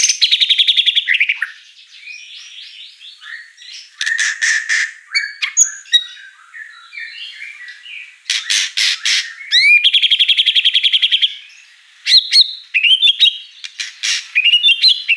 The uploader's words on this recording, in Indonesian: Pancingan Gacor Murai Batu Bongkar Isian Mewah. Audio Murai Batu Dongfeng.